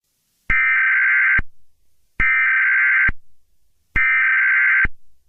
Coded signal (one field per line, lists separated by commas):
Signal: Emergency Alert System (SAME) tones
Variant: header bursts